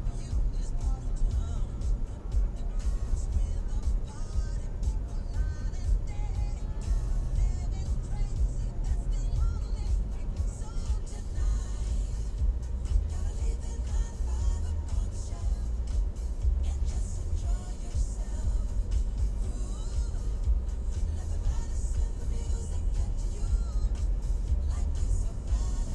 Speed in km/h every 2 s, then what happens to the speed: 23, 21, 19, 19, 18, 14, 11, 7, 7, 8, 15, 22, 26.
0-17 slows to 7. 17-26 speeds up to 26.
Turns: none.